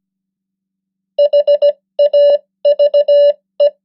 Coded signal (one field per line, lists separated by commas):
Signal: Morse code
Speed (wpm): 17 wpm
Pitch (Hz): 580 Hz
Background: none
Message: HAVE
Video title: 100 most common English words in Morse Code @15wpm (+ spoken English words!)